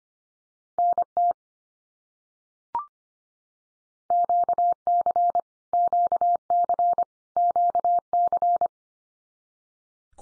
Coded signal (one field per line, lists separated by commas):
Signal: Morse code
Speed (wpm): 25 wpm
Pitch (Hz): 700 Hz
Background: none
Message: NT QC QC QC